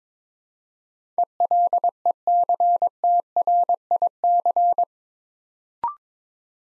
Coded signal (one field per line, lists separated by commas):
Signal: Morse code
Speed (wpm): 22 wpm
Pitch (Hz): 700 Hz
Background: none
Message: ELECTRIC